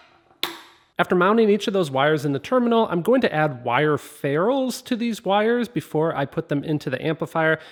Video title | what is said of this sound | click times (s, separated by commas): REMOVABLE amplifier & subwoofer? Quick disconnect CAR AUDIO SYSTEM! | once you have it crimped you can slide it into the connector until you hear a snap | 0.4 s